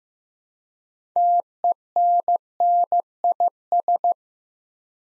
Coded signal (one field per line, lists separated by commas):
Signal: Morse code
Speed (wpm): 15 wpm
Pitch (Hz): 700 Hz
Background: none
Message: TENNIS